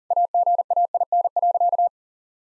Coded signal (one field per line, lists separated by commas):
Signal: Morse code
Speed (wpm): 40 wpm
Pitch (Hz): 700 Hz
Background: none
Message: AGAIN.